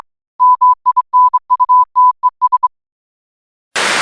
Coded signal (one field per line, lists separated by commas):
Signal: Morse code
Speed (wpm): 24 wpm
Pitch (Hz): 1000 Hz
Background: none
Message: MINUTES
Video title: South Sudan EAS Scenario (FAKE)